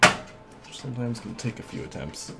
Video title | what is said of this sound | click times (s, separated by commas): Building Two Gaming PCs Live on Twitch (Stream Upload) | around evenly on all the sides until it clicks into place everywhere there's | 0.0 s